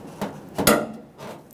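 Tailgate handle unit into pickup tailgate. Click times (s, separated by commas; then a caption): 0.7 s. A new tailgate handle unit is slid hinged side first into the tailgate of a 2007-2021 Toyota Tundra pickup, swung up, and pushed up gently. Soft knocks at about 0.2 and 0.6 seconds lead to a sharp click at 0.7 seconds as its latch mechanism engages, followed by a faint rustle. The handle unit is seated.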